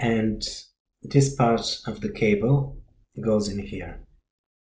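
A USB cable connector is handled at the port of a Trezor Model T hardware wallet (2019 model) as someone talks. No click is heard. The connector has not seated or clicked into the port yet.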